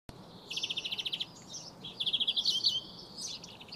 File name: Chloris chloris